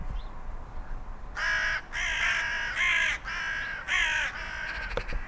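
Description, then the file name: Carrion crow calling with five hoarse, drawn-out caws in quick sequence after a quiet start, followed by a few faint clicks at the end. "Corvus corone"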